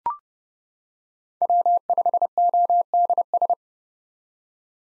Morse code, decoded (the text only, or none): W5ODS